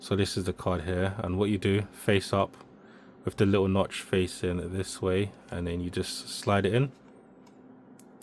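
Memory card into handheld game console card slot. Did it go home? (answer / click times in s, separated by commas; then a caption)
yes / 8.0 s, 8.2 s. Someone talks while a microSD Express card, the only card type compatible with the console, is slid face up and notch first into the card slot of a Nintendo Switch 2 handheld game console. Two short, sharp clicks at 8.0 and 8.2 seconds mark the spring latch catching, and the card is seated.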